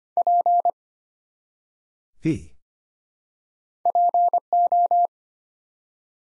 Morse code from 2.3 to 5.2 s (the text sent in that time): PO